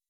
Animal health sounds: hydrophone in a shrimp aquaculture tank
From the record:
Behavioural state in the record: weakened

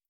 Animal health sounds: hydrophone in a shrimp aquaculture tank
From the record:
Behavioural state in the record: starved

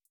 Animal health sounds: hydrophone in a shrimp aquaculture tank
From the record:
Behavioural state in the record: starved

